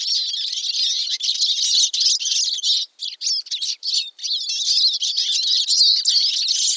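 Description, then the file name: Eurasian siskin song, a fast, continuous twittering of high chirps and trills, with a brief pause near the middle before the warbling resumes. "suara siskin eurasia"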